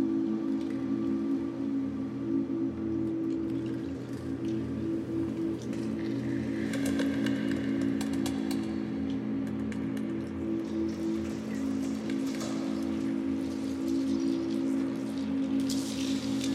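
An imagined ocean soundscape built from plastic objects found on a beach: a steady low drone holds throughout under a dense, rain-like patter. Brighter clattering, tinkling bursts rise around seven seconds, again near twelve, and at the very end.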